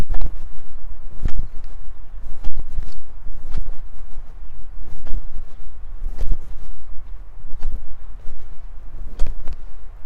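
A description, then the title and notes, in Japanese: A hoe strikes and scrapes soil while hilling potatoes, sharp thuds landing roughly every second over a steady low outdoor rumble. じゃがいもの中耕とクワで土寄せ。20℃\\10℃/晴れ。山は若葉 良い季節。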